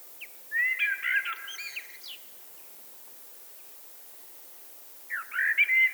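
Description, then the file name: Eurasian blackbird song: a full, flowing whistled phrase with a twittery close, a long quiet gap, then a fresh phrase starting. "Turdus merula"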